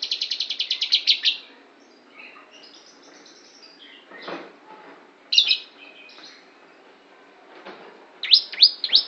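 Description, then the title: Lovebird song opening with a fast high trill, then scattered chirps and whistles, ending in a few sharp notes. Lovebird imitating the song of the Javan prinia, locally called ciblek. "Lovebird Suara Ciblek"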